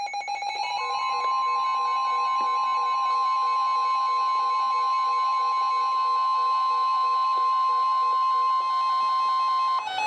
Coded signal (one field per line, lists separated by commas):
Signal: Emergency Alert System (SAME) tones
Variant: 1050 Hz attention tone